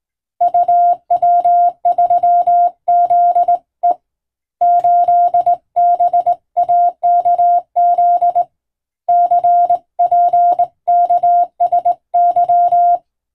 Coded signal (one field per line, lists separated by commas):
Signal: Morse code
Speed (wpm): 19 wpm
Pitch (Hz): 700 Hz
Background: music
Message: UW3ZE 8BAKZ CPKSY